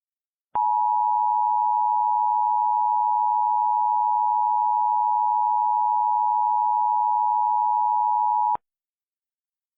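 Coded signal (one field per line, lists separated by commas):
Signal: Emergency Alert System (SAME) tones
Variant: 853 and 960 Hz attention tone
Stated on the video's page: Remade EAS alerts for Hurricane Ida containing valid tones; recreations, not real broadcasts.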